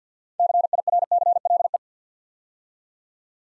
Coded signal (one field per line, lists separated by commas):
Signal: Morse code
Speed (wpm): 50 wpm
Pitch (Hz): 700 Hz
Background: none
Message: CIRCLE